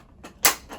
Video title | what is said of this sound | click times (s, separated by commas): New Braun Infusion Pump Overview | clicks in place. I'm going to leave it on here. | 0.5 s